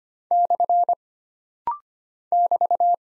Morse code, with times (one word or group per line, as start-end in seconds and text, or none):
0.3-0.9 /
2.3-2.9 <BT>